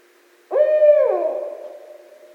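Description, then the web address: Barred owl giving a single loud hooting call that starts abruptly, holds steady, then slides downward and trails off over about two seconds. Recorded 24 December 2011. "Barred Owl 2011 12 24"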